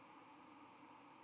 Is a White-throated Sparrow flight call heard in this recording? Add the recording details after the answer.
yes. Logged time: 08:49 on 31 October 2014